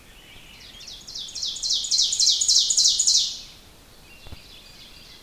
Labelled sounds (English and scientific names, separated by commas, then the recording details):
Ovenbird (Seiurus aurocapilla) song
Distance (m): 15 m
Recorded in boreal forest in Alberta, Canada, on 5 June 2016 at 05:39
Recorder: SongMeter 3, array SBT-3-51
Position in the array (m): 271 m, 118 m
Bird 28